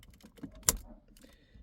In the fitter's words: Hopefully you heard that click. Nice and secure.